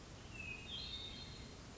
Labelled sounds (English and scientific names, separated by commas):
Hermit Thrush (Catharus guttatus)